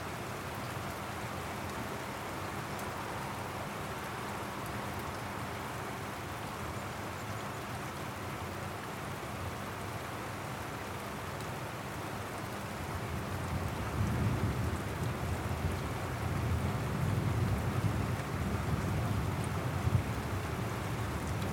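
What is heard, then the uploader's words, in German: Heavy rain falls in a dense, steady hiss throughout, with a continuous patter spread from low to bright. From about 13 seconds a deep rumble of thunder swells underneath and the whole scene grows louder, holding there to the end. Ein Gewitter zieht auf, kräftiger Regen | Thunderstorm, heavy rain.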